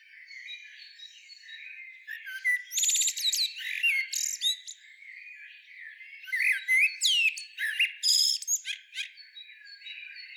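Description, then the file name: Common blackbird calls as bursts of squeaky, high twittering and short whistled notes, several phrases separated by quieter gaps, with faint steady high tones in the background. "Turdus merula"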